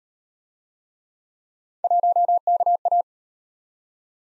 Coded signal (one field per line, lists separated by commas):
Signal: Morse code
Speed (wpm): 37 wpm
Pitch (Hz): 700 Hz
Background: none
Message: 1KA